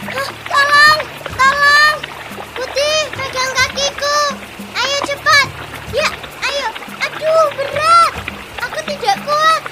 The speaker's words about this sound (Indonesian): Si ekor putih dan si muka totol tercebur di sungai.